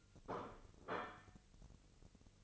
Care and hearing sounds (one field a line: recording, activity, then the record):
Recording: daily activity, microphone in the room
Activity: place plate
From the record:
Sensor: 4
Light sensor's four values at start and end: 13/29/11/11 and 13/29/11/11